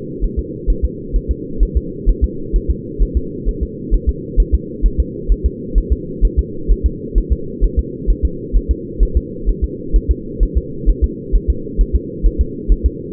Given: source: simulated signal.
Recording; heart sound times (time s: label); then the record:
fetal heart sounds
0.24 s: S1
0.39 s: S2
0.70 s: S1
0.85 s: S2
1.16 s: S1
1.31 s: S2
1.63 s: S1
1.77 s: S2
2.09 s: S1
2.24 s: S2
2.56 s: S1
2.71 s: S2
3.02 s: S1
3.17 s: S2
3.49 s: S1
3.63 s: S2
3.94 s: S1
4.09 s: S2
4.40 s: S1
4.55 s: S2
4.86 s: S1
5.00 s: S2
5.32 s: S1
5.46 s: S2
5.78 s: S1
5.92 s: S2
6.25 s: S1
6.39 s: S2
6.71 s: S1
6.86 s: S2
7.18 s: S1
7.32 s: S2
7.64 s: S1
7.79 s: S2
8.10 s: S1
8.25 s: S2
8.56 s: S1
8.71 s: S2
9.03 s: S1
9.17 s: S2
9.49 s: S1
9.64 s: S2
9.96 s: S1
10.11 s: S2
10.43 s: S1
10.57 s: S2
10.89 s: S1
11.04 s: S2
11.35 s: S1
11.50 s: S2
11.81 s: S1
11.96 s: S2
12.26 s: S1
12.41 s: S2
12.72 s: S1
12.86 s: S2
From the record:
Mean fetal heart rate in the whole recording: 130 bpm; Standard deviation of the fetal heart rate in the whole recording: 2 bpm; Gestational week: 36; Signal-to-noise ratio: -4.3 dB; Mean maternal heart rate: 72 bpm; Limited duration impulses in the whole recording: absent